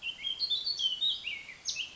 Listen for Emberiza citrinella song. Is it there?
no